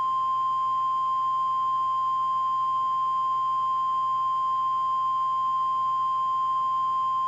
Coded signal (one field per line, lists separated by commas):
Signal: Emergency Alert System (SAME) tones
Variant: 1050 Hz attention tone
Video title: EAS MOCK - Civil Danger Warning (2014)